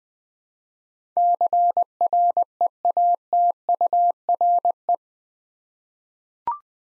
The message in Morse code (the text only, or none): CREATURE